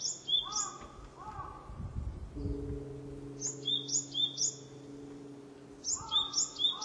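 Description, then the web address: Japanese tit song, repeated two-note high-low phrases in quick runs separated by pauses, with a brief low thump and faint hum in the middle. Recorded on 20 March 2001. "2001 010320 sijyuukara"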